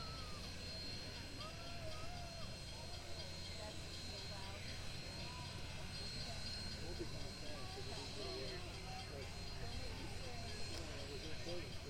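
A crowd talks steadily at a standing steam locomotive, many overlapping voices. Beneath them runs a constant low rumble with a faint steady hiss above, and the level stays even throughout, with no passing train or whistle.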